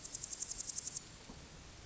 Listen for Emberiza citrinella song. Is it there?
no